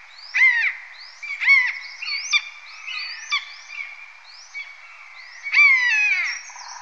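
Marmot whistles: loud, high, arching calls that rise and fall, several overlapping in an irregular series, with a longer drawn-out whistle near the end.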